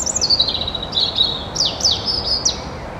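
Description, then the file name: European robin singing thin, high whistled phrases that slide downward, followed by several quick sharp downslurred notes, over a soft background hiss. "Erithacus rubecula"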